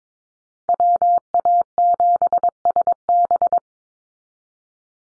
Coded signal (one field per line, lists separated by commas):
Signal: Morse code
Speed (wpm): 22 wpm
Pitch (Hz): 700 Hz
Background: none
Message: WA7SB